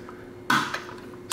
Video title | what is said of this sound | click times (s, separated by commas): DISNEY LEGO DUPLO Doc McStuffins Rosie the Ambulance 10605 - Unboxing and Playing! - HappySnappyTime | snaps right into place okay | 0.5 s